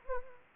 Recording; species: mosquito wingbeat signal from an infrared sensor; Anopheles arabiensis